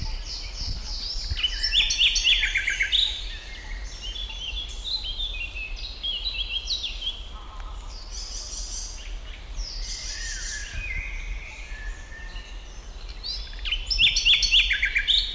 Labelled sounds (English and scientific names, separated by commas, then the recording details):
Common Nightingale (Luscinia megarhynchos)
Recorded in the wild
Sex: male
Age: adult
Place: Bucher Wald, Berlin, DE
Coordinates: 52.65, 13.48
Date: 1995-06-05 12:49
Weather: sonnig, 18°C
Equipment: Sony WM-D6C, Sennheiser ME 80, Kopie Uher 4000 Report Monitor
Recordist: Tembrock, Günter